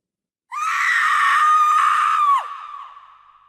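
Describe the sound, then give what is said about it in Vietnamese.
A sustained, high-pitched shriek of a female ghost struck in the chest by a talisman cries out for about two seconds at full strength, then breaks and trails off into a fading, wavering wail. No speech accompanies it. “Vì vậy hướng nguyên chạm quỷ phù bay đúng vào ngực, nó hét lên một tiếng kêu thảm thiết.”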